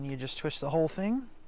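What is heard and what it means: A collapsible container, already folded down on itself, is being twisted as a whole to turn its sections into the locked closed position while someone talks. No click is heard, and nothing has seated or locked yet when the clip ends.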